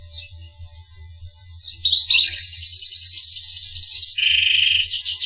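Finch song: faint chirps, then a bright run of twittering notes and a buzzy trill toward the end, with a low hum underneath.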